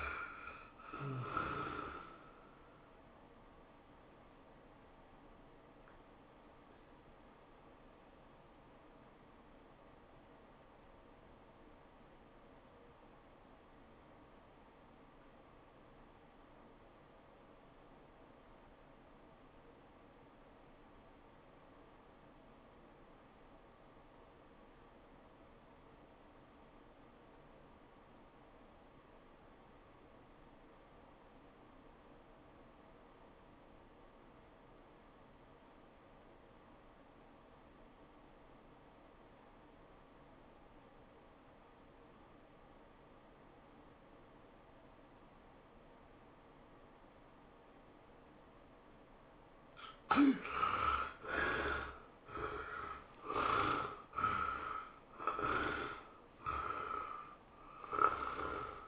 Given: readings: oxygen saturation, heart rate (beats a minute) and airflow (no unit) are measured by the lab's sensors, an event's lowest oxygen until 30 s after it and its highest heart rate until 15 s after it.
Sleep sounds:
breathing in sleep by a voice recorder at the bedside; 1
7.00-50.40 s: obstructive apnea (REM, oxygen 95% highest, then 58% lowest, heart rate 100 at the start, 114 highest)
From the record:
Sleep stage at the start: REM sleep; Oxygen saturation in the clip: 61 to 95%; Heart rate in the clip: 59 to 113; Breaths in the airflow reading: 6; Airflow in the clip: -18.9 to 12.9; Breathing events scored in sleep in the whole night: 403 in 5.5 hours asleep

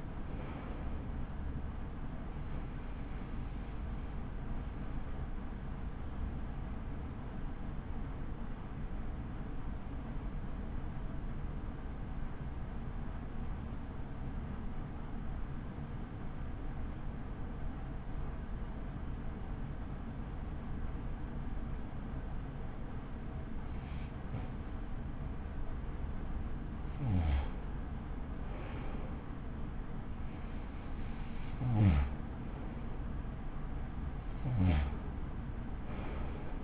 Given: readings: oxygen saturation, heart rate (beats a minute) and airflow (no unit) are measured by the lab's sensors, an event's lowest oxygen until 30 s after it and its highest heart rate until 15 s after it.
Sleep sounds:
breathing in sleep by a smartphone at the bedside; 1
4.00-29.10 s: hypopnea (N2, oxygen 95% highest, then 91% lowest, heart rate 40 at the start, 66 highest)
From the record:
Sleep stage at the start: N2 (light sleep); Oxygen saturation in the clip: 94 to 95%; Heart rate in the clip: 40 to 65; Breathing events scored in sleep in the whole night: 83 in 6.1 hours asleep

